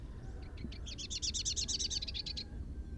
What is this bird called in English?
Rufous-capped Warbler